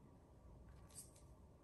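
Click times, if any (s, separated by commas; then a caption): none. A Bontrager Ion Elite R bike light is pressed into its plastic handlebar mount and locked onto the bracket. Only a low, steady background rumble and a faint high hiss around 0.9–1.2 seconds are heard, with no sharp hits. The light locks into place without any audible click, so nothing is heard to seat or click.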